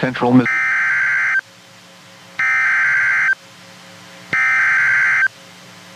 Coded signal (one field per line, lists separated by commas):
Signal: Emergency Alert System (SAME) tones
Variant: header bursts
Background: speech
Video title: (Online #EAS #4-12) for the multi-state Severe Weather Outbreak on 5/16/2025 + WEIRD EAS GLITCH!?